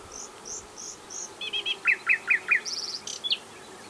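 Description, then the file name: Common nightingale song phrase: a few high whistled notes, then a short buzzy burst and four loud, sharp slurred notes in quick succession. "Luscinia megarhynchos"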